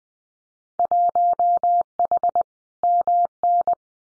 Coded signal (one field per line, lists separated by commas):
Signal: Morse code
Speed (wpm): 20 wpm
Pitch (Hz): 700 Hz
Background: none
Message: 1H MN